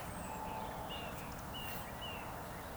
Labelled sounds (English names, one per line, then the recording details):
Eurasian Woodcock whistle
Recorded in Baden-Württemberg, Germany, on 3 June 2021 at 19:16 UTC
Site 45499, 200 m above sea level